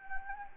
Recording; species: mosquito wingbeat signal from an infrared sensor; Anopheles gambiae